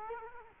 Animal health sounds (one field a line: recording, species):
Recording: mosquito wingbeat signal from an infrared sensor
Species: Culex quinquefasciatus